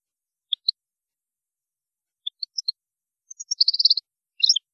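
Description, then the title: European goldfinch giving spaced single high chips, then a brief rapid trill and a final tinkling flourish. "Chant Chardonneret"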